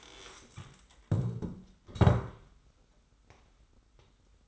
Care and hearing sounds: daily activity, microphone in the room; stand up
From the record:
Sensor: 3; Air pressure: 990.4 hPa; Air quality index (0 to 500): 171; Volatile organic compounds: 1000 ppm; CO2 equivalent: 5542 ppm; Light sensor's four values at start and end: 42/97/40/38 and 41/98/40/38

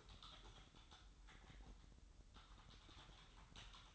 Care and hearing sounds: daily activity, microphone in the room; typing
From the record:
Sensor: 3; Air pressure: 988.8 hPa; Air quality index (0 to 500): 205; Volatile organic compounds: 442 ppm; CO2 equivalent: 4738 ppm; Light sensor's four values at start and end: 25/81/33/30 and 25/81/33/30

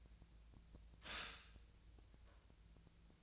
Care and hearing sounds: daily activity, microphone in the room; stop toaster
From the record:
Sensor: 2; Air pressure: 1009.1 hPa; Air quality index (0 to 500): 186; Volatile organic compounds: 11 ppm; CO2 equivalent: 2305 ppm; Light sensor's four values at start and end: 23/57/24/26 and 23/56/24/26

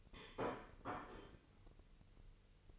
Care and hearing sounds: daily activity, microphone in the room; place plate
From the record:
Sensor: 4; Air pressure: 1008.3 hPa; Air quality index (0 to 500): 81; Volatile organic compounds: 1 ppm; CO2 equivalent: 649 ppm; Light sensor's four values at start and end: 12/28/11/11 and 12/28/11/11

